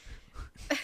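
Adult woman. A single cough with something behind it, from a very bad cough of about two weeks with a sinusy common cold.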